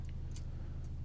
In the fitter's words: sure they snap in nice and tight.